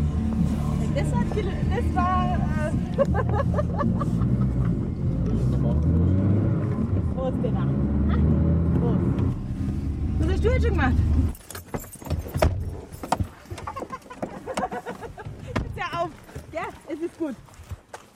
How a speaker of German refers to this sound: Auto. Warte mal, ich mach das mal schnell aus.